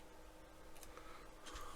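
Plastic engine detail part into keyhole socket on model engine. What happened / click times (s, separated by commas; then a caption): The small plastic part snapped into its socket / 0.8 s, 1.0 s. A keyhole-shaped plastic part, 8M, is pressed home by hand into its keyhole socket on the die-cast engine of an IXO Citroen C4 WRC model. Two small clicks are heard at 0.8 s and 1.0 s over a low background hiss, and the part is seated.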